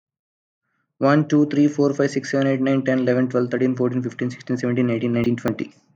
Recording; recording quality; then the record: counting at a fast pace; excellent, no background noise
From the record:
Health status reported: healthy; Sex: male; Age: 36 years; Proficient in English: yes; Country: India